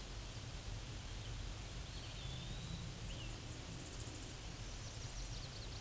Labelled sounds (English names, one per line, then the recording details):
Eastern Wood-Pewee song
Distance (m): 60 m
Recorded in a Pennsylvania forest on 18 May 2023 at 07:42
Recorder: AudioMoth, point grid1_13_low
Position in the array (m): 81 m, 155 m